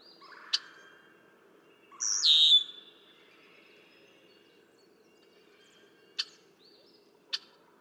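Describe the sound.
Red-winged blackbird: a short harsh song phrase sliding downward, with a few sharp isolated clicks scattered before and after.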